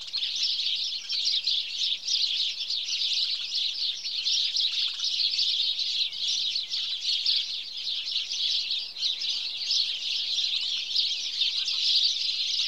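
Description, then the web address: House sparrow chirps in a dense, continuous chatter of many overlapping chirps throughout, with no other clear sounds. "The BBC Sound Effects Library. Birds. House Sparrow (Passer Domesticus)"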